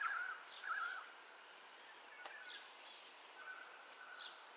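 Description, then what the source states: Birds at dawn, two clear warbling whistles at the start, then a short steady whistle and scattered high chirps, with a couple of sharp clicks. Dawn ambience of bird calls, recorded in stereo.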